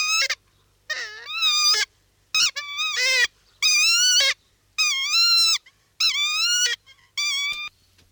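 South Island takahe giving loud, nasal, harmonic-rich calls in bursts of under a second, some wavering or rising, separated by short silences, about eight calls in eight seconds.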